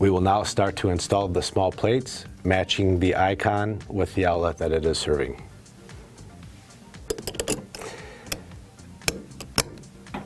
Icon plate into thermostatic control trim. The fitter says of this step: you'll hear a click note